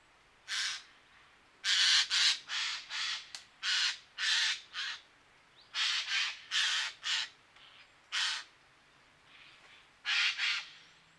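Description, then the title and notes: Eurasian jay screeching repeatedly, a long series of many loud rasping calls with short gaps, a few of them fainter. October 2019; northern European population arriving across the country for two months, due to poor oak fruiting in Scandinavia and likely good breeding; many birds; ambience of various calls. "sonothèque Fernand DEROUSSEN. Geai des chênes (Garrulus glandarius)"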